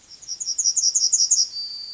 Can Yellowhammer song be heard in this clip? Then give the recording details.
yes. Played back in forest. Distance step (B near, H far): C. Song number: 026